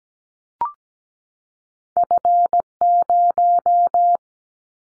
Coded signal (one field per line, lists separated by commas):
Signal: Morse code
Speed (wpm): 17 wpm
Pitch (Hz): 700 Hz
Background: none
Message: F0